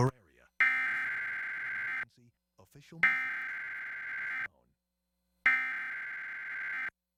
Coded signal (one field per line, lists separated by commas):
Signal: Emergency Alert System (SAME) tones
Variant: header bursts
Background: speech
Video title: Monthly Emergency Alert System (EAS) Tests - Seattle/Tacoma - March 2022